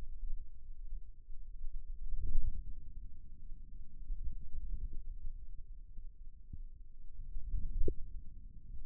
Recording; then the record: forearm muscle sounds (acoustic myography)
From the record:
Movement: hand closing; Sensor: system 2, bracelet of six BSWA MPA416 microphones around the upper forearm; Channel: 3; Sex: male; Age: 22 years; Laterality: right